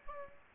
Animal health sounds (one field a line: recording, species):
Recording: mosquito wingbeat signal from an infrared sensor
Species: Aedes aegypti